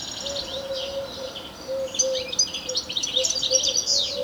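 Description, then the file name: European Goldfinch calls, soft twittering that grows louder and busier halfway through, over a low drawn-out tone. "Carduelis carduelis"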